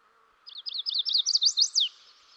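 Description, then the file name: Chestnut-sided warbler giving one song: a rapid string of high slurred notes rising in emphasis and snapping down at the end, with a soft hum underneath. "dan gibsons solitudes chestnut sided warbler"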